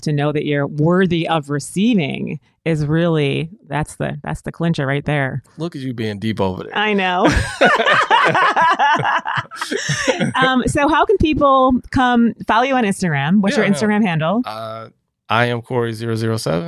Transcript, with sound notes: To know that you’re worthy of receiving is really- that’s the clincher right there. Look at you, being deep over there. (Laughter) So how can people follow you on Instagram? What’s your Instagram handle? @IamCory007.